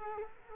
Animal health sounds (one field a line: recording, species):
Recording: mosquito wingbeat signal from an infrared sensor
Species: Culex quinquefasciatus